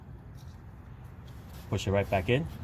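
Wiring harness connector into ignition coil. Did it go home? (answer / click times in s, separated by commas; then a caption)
no / none. A wiring harness connector for an ignition coil on a 2021 Chevy TrailBlazer 1.2L three-cylinder turbo is picked up and lined up in position before being pushed in. Low background noise fills the first seconds, then someone talks. Nothing has seated or clicked yet.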